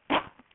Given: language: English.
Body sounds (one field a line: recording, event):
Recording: throat vibration sensor signal played as sound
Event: cough